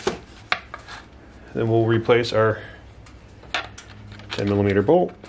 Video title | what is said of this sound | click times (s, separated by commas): Subaru 2.5L Serpentine Belt Change/Replacement | that should just snap in place | 0.5 s